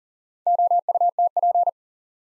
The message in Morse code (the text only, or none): OUTP